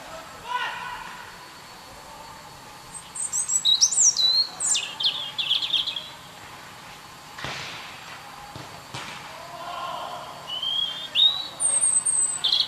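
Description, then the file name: European robin song, high thin warbled phrases with rapid trills and sliding whistles, in two bursts separated by a quiet pause. "Erithacus rubecula"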